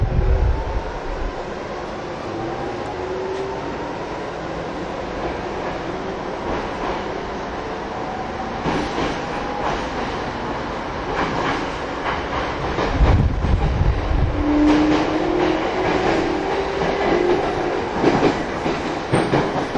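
A TWR 70-000 series Saikyo Line rapid train rumbles steadily, motor whine rising, rail-joint clatter growing after eight seconds, with a brief squeal midway.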